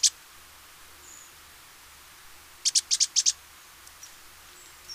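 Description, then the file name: Great tit singing one brisk phrase of three bright, high note pairs, preceded by a single sharp note and followed by soft faint chirps. "Parus major"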